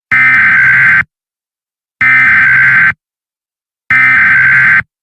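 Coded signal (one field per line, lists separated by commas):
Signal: Emergency Alert System (SAME) tones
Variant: header bursts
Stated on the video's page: Joke EAS alert, not real.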